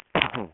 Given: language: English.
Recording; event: throat vibration sensor signal played as sound; cough